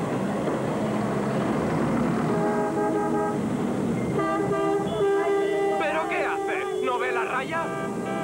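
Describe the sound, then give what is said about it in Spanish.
Car horns honk at a broken-down car in long, sustained, overlapping blasts over a steady rumble of traffic, growing busier toward the end with wavering tones mixed in. “¡No me toques la bocina, maldito desconsiderado!”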